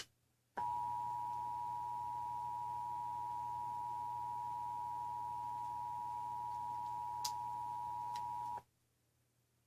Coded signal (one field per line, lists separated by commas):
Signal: Emergency Alert System (SAME) tones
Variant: 853 and 960 Hz attention tone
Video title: TV EAS 24 - IA CAE 1